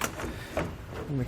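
A headlight wiring connector is plugged into the headlight socket on a 2020 Chevrolet Equinox and its plastic locking tab is pushed down, giving a sharp click at 0.0 s (0.04 s). Someone talks over the rest of the clip. The connector is seated and locked.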